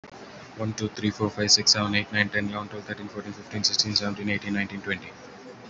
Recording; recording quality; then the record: counting at a fast pace; excellent, no background noise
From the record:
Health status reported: COVID-19 positive, mild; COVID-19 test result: positive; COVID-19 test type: RT-PCR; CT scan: not taken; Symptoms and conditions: cough, cold, sore throat, fever, muscle pain, loss of smell and taste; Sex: male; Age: 41 years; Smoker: no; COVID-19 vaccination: one dose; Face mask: worn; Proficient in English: yes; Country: India